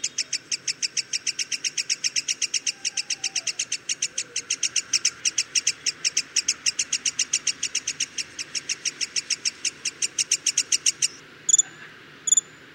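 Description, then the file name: Black-headed sibia delivering a long, even stream of rapid, shrill chipping notes that stops abruptly, followed by two short isolated high notes. "sibia kepala hitam omkicau"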